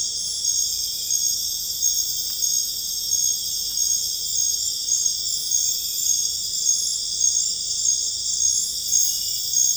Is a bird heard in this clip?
no